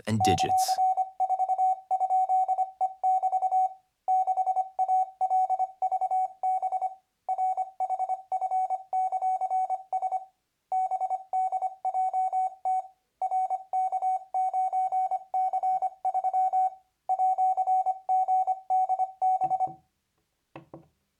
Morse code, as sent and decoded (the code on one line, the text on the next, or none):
-.-.-. ....- ..--.. . -...- / -.... .- .-.. ...- -... / .-. .... ..-. -.-.-. ... / -... -.. .--- - / .-. -.- ----. -.-. ...-- / .--.-. --. -.. -...
;4?E<BT> 6ALVB RHF;S BDJT RK9C3 @GDB